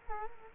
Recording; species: mosquito wingbeat signal from an infrared sensor; Culex quinquefasciatus